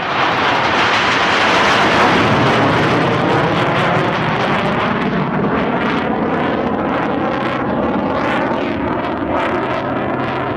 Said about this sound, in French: Tout commence peut-être ici, à Paris, le 21 avril 1986. Ce jour-là, six avions Mirage survolent le ciel de la capitale.